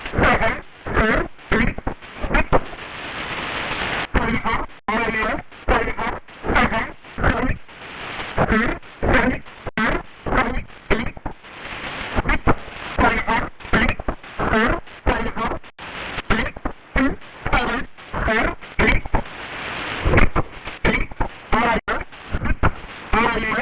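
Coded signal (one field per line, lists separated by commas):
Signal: numbers station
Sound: short, evenly spaced spoken syllables or words over shortwave noise, in steady rhythm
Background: radio static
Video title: 5411kHz 7/26/26 20:00:00 UTC Possible G12 Number Station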